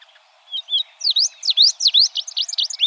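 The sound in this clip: Tropeiro seedeater singing a hurried series of loud sweeping up-and-down notes, gaining strength after soft opening chirps.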